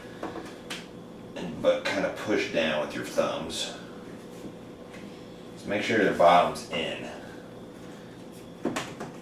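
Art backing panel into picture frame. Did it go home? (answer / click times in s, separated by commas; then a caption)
yes / 9.0 s. An art backing panel with the artwork is fitted into a picture frame: one side goes in first, the bottom is checked, then the backing is pressed down with the thumbs. Someone talks over soft handling sounds. At 9.0 s a short pop is heard as the backing pops into place and sits solidly in the frame.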